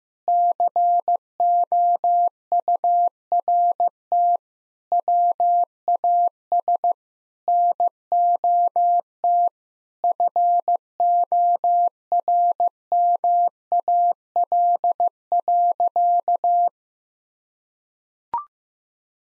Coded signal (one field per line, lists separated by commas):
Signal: Morse code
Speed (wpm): 16 wpm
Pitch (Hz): 700 Hz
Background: none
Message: COURT WAS NOT FORMAL.